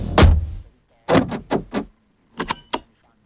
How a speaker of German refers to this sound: Ich soll einsteigen? Ich tue es. Helle Ledersitze. Ich ziehe die Tür zu.